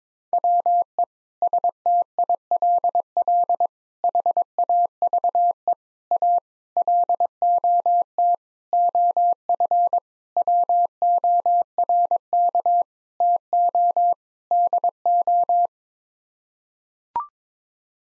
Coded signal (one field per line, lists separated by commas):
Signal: Morse code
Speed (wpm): 22 wpm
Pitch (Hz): 700 Hz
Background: none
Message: WE STILL HAVE A LOT OF WORK TO DO